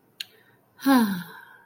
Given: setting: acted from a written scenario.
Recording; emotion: vocal sound without words; contentment